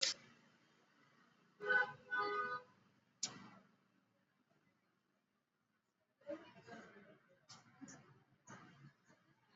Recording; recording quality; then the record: shallow breathing; poor, much background noise or distortion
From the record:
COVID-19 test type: RT-PCR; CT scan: not taken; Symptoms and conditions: cough, cold, fever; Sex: male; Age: 31 years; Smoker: no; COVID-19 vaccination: both doses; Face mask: worn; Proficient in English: yes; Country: India